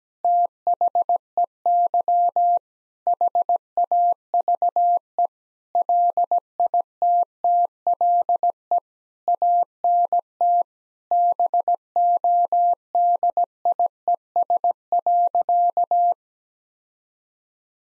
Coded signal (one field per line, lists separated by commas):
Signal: Morse code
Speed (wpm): 17 wpm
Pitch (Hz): 700 Hz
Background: none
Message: THEY HAVE LITTLE ANT BODIES.